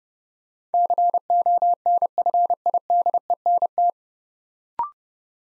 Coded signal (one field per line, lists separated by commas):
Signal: Morse code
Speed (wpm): 30 wpm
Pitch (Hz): 700 Hz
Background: none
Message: CONFIDENT